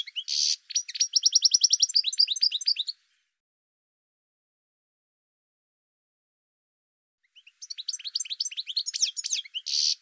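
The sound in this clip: Bird song: a three-second burst of quick, high trills and twittering, then about four seconds of silence before another twittering phrase.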